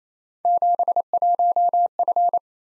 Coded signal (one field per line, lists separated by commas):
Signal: Morse code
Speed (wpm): 32 wpm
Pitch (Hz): 700 Hz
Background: none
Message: 71F